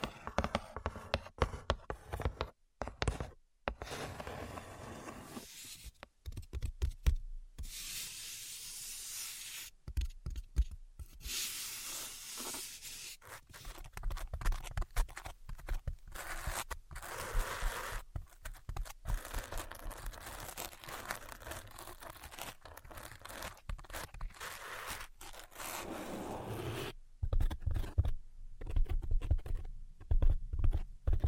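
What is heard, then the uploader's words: Scratching and crinkly tapping, with bursts of bright rustling and short gaps of near silence between dense patches. ASMR Invisible Tapping and Scratching (No Talking).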